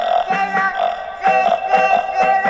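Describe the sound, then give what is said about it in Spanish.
A man belches loudly in a string of throaty, uneven pulses, a croaking grunt-like burp that stands in for a pig's oink, with no talking over it. “Eso no es un cerdo, eso es un tío eructando.”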